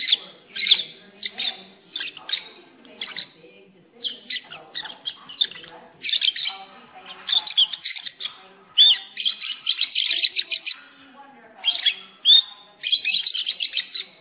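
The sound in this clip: Lovebird calls, continuous bouts of shrill rapid chirps with short breaks, sharp and high-pitched throughout.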